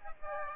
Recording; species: mosquito wingbeat signal from an infrared sensor; Aedes aegypti